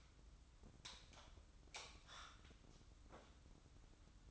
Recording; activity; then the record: daily activity, microphone in the room; light off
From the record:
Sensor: 3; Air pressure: 994.4 hPa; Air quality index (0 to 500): 210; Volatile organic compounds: 1000 ppm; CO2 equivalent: 7025 ppm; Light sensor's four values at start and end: 172/415/173/169 and 167/401/167/163